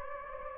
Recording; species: mosquito wingbeat signal from an infrared sensor; Anopheles gambiae